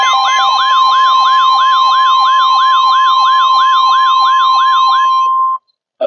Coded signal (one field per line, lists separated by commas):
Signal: Emergency Alert System (SAME) tones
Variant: 1050 Hz attention tone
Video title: START TO 2026… EAS Alerts from 3/7/26 EAS#414-EAS#441